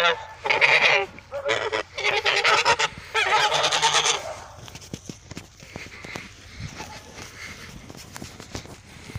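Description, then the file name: Goose: geese honking loudly in three dense bursts during the first four seconds, then a quieter stretch with scattered knocks and background noise. "Odglosy zwierzat gesi"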